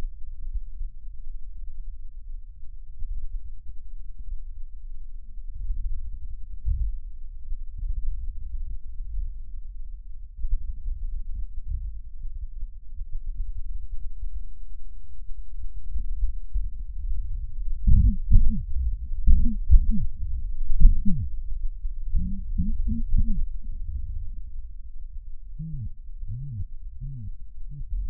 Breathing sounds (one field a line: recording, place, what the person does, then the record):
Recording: lung sounds by stethoscope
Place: left posterior basal chest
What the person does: quiet breathing, then cough and speech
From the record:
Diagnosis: COPD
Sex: male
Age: 70 years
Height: 170 cm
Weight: 74 kg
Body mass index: 25.6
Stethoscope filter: bell mode